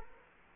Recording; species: mosquito wingbeat signal from an infrared sensor; Culex quinquefasciatus